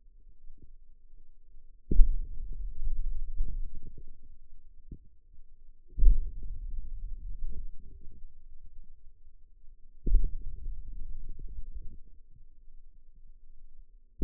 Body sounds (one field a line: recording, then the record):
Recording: forearm muscle sounds (acoustic myography)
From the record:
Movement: hand opening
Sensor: system 2, bracelet of six BSWA MPA416 microphones around the upper forearm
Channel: 2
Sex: male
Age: 22 years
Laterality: right